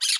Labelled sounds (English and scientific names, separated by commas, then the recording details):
Brown-throated Parakeet (Eupsittula pertinax) contact call
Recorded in Curacao
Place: Hoffi Jan Thiel
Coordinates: 12.094, -68.877